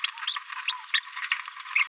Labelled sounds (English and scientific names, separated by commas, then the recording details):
Green-rumped Parrotlet (Forpus passerinus) babbling
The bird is a female
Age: 31 days
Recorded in a nest box in Venezuela
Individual 17B73B2